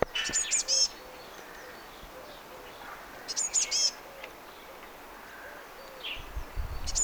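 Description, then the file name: Eurasian blue tit calls: rapid groups of high, piercing notes repeated about every three seconds. "Cyanistes caeruleus"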